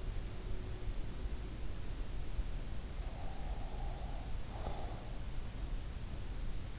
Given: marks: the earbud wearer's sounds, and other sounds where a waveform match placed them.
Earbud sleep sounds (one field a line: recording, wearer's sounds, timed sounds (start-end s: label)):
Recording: sounds in sleep by an in-ear microphone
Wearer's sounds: breath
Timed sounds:
2.63-5.75 s: breath